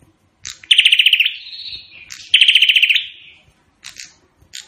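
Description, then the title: Prinia singing two rapid machine-gun trills of high, clipped notes, each trailing into a thin whistle, followed by a couple of short separate chirps. Prenjak singing in full voice ('gacor'), in the song style called 'Suara Tembakan Ak-47' (AK-47 gunfire sound). "Burung Prenjak Gacor Suara Tembakan Ak-47"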